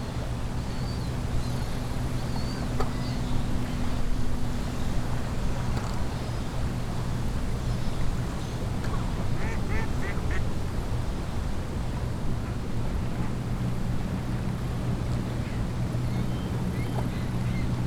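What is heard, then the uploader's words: Lake water laps steadily through a calm scene, with a constant low rumble and hum like a boat motor running underneath. A few faint chirps and small clicks surface around the middle, near ten seconds, while the overall level stays even throughout. A Calm Day At The Lake. Water and nature sounds.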